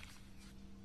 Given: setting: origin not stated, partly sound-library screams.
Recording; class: one-second piece from a danger detection set; normal situation